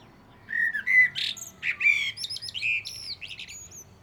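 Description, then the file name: Common blackbird song: warbled low whistles leading into a chattering series of high, thin squeaks and slurred notes. "Turdus merula"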